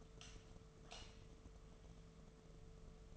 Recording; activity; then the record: daily activity, microphone in the room; light off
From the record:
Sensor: 4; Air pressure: 1015.4 hPa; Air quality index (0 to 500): 172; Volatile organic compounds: 7 ppm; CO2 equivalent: 1993 ppm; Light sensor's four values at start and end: 27/64/27/29 and 26/61/26/28